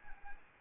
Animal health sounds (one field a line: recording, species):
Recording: mosquito wingbeat signal from an infrared sensor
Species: Anopheles arabiensis